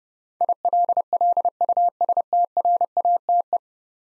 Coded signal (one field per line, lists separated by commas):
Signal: Morse code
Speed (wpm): 30 wpm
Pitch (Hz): 700 Hz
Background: none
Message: ILLUSTRATE